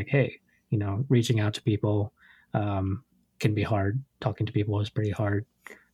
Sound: none